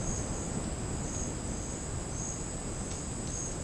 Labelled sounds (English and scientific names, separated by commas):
none